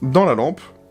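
A 500 mAh battery pack is being handled and slid along its contacts toward a tactical weapon light while someone talks. Nothing has seated or clicked yet, and the locking latch has not engaged by the end of the clip.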